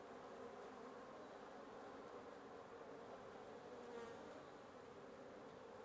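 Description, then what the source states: Wasp buzz forms a constant, thick hum from many insects. Wasp nest under the roof of the recordist's residence at 1a Avenida Norte 19, Antigua Guatemala, Guatemala; recorded in the morning.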